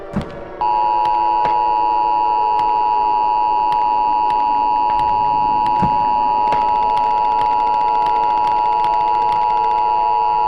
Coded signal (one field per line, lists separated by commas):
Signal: Emergency Alert System (SAME) tones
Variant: 853 and 960 Hz attention tone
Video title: EAS scenario: Countryballs Redux - Part 3